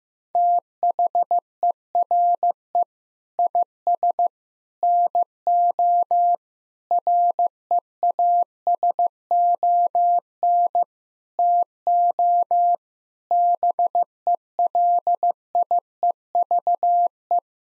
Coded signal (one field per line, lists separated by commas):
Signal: Morse code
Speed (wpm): 16 wpm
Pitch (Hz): 700 Hz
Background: none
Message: THERE IS NO REASON TO BELIEVE